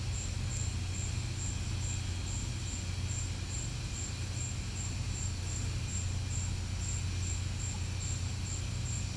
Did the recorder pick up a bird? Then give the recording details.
no. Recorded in pastures near Puerto Asís, Putumayo, Colombia, on 15 December 2024 at 13:00. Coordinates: 0.505, -76.324. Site G063